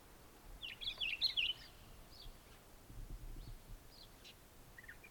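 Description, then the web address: Hume's wheatear uttering a short burst of high zigzagging chatter, then a few faint isolated notes against quiet background noise. "Hume's wheatear. صدای-پرنده-چکچک-شکم-سفید"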